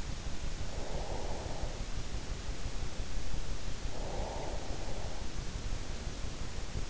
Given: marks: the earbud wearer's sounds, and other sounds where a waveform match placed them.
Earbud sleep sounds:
sounds in sleep by an in-ear microphone; breath
0.35-2.10 s: breath
3.87-5.01 s: breath

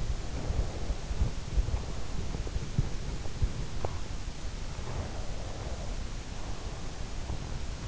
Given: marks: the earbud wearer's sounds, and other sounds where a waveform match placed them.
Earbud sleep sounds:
sounds in sleep by an in-ear microphone; breath, body movement
0.00-1.52 s: breath
1.55-4.75 s: body movement
4.75-7.57 s: breath

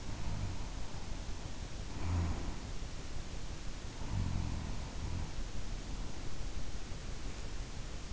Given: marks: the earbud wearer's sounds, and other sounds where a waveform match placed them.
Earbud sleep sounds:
sounds in sleep by an in-ear microphone; snoring breath
0.00-2.72 s: snoring breath
3.90-5.40 s: snoring breath

